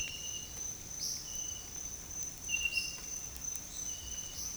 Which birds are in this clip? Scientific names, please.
Tolmomyias viridiceps